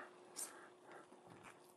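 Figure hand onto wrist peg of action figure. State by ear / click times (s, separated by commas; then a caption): partly seated / 0.4 s. A plastic hand is pushed onto the wrist peg of a Hot Toys Avengers Age of Ultron Captain America collectible action figure, giving a single muted knock at 0.4 s over faint background noise. The hand is only partly seated: it was not plugged on properly and falls right off.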